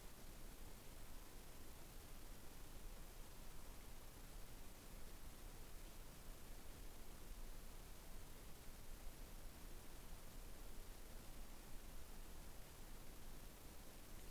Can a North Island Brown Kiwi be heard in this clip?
no